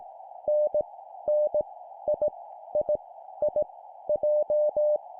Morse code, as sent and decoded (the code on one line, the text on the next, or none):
-. / -. / .. / .. / .. / .---
N N I I I J